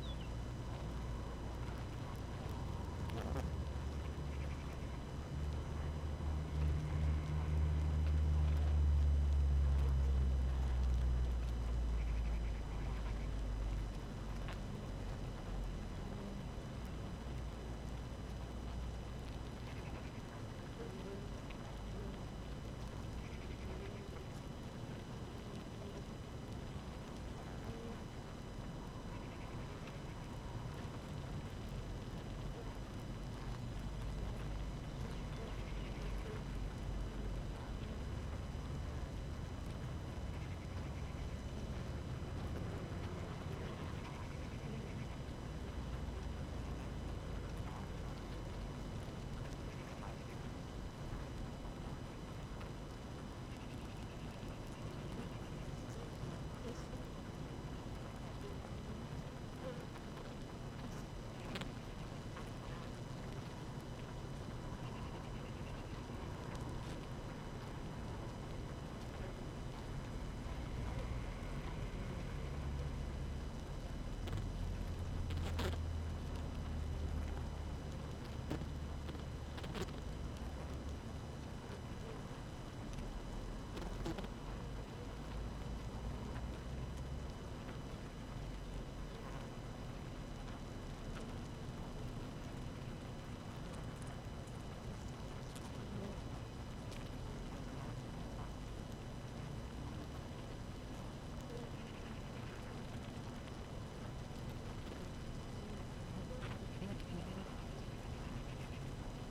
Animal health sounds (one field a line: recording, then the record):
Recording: honeybee colony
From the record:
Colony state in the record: active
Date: 12 June 2018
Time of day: 6:04